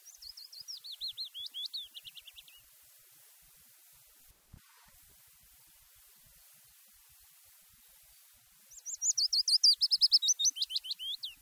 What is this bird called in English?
Willow Warbler